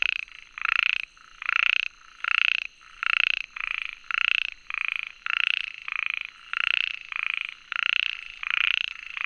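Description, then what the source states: Frog croaking in steady bursts, each a harsh pulsed note repeated roughly every second, with a faint constant high tone in the background. Recorded 22 June 2019.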